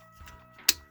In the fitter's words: locks in place